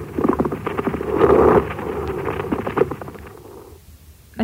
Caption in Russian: Шум трения плевры возникает при наличии неровности, шероховатости плевральных листков. Шум трения плевры представляет собой прерывистый звук непостоянной интенсивности. Выслушивается в обе фазы дыхания, изменяется при надавливании фонендоскопом на грудную клетку, а при покашливании не изменяется.